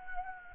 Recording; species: mosquito wingbeat signal from an infrared sensor; Anopheles gambiae